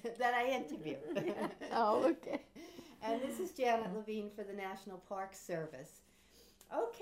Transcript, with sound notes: That I interview.
Oh. ( they laugh )
And this is Janet Levine for the National Park Service. Okay.